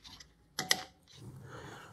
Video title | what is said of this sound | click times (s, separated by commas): Electri E-brake (22-24 Nissan Pathfinder ) | make sure you plug that in you push it all the way in until you hear the click | 0.6 s, 0.7 s